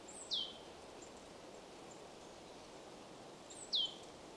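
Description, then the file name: Marsh tit call heard twice, a brief high-pitched note sliding quickly downward, the pair spaced over three seconds apart against soft background noise. "Poecile palustris"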